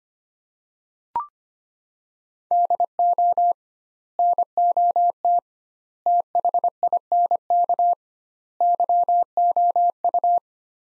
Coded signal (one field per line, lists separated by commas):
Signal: Morse code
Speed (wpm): 25 wpm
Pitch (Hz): 700 Hz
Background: none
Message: DO NOT THINK YOU